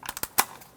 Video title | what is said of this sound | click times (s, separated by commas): How to Replace Valve Cover 2008-2013 BMW 328i xDrive | get those all locked in that's | 0.4 s